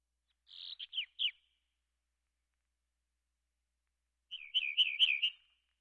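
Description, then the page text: House wren song: a few sharp descending notes, then after a pause a rapid bubbling, chattering trill. "House Wren. Quick Sounds"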